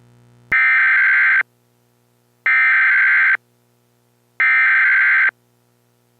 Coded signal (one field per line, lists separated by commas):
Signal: Emergency Alert System (SAME) tones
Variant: header bursts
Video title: EAS Chemical X Part 4 Fires and Floods